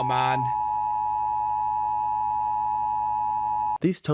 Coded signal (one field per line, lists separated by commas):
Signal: Emergency Alert System (SAME) tones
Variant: 853 and 960 Hz attention tone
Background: speech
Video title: Brit Reacts to America's Emergency Alert Systems (EAS) are Scary...